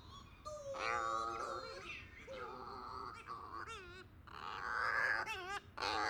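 Cape Verde shearwater calls: wavering, harmonic wails and nasal moans, some quavering up and down.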